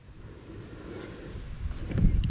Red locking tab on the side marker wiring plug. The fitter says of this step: push this red down until it clicks